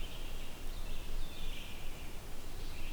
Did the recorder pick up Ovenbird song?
no